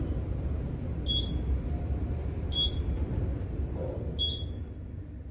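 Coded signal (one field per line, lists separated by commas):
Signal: none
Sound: lift floor passing beeps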